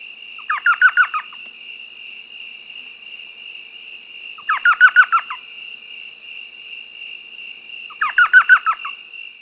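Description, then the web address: Elf owl giving three short bursts of rapid, yelping notes, roughly every four seconds, with a continuous high-pitched buzzing drone behind. "Peterson North American Birds iso sound elow"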